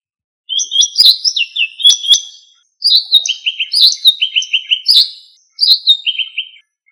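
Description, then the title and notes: Bird singing three bursts of high, bright chattering notes, each phrase stepping downward in quick trilled sequences, with sharp clicks within the phrases and clean silence around. Birdsong from Indonesia. "Kicau Burung Indonesia"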